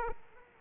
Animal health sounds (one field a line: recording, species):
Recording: mosquito wingbeat signal from an infrared sensor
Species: Aedes aegypti